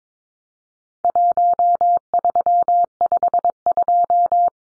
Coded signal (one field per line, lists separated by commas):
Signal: Morse code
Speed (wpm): 22 wpm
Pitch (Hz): 700 Hz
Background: none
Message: 1352